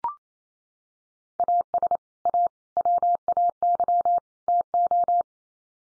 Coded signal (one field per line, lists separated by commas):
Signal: Morse code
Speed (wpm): 28 wpm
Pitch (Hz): 700 Hz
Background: none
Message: AS A WAY TO